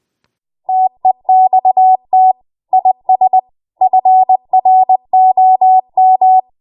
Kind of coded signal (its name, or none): Morse code